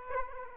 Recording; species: mosquito wingbeat signal from an infrared sensor; Aedes aegypti